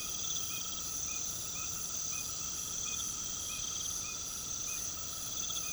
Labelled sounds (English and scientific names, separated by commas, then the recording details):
none
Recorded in pastures near Puerto Asís, Putumayo, Colombia, on 9 March 2025 at 21:00
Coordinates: 0.486, -76.323
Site G075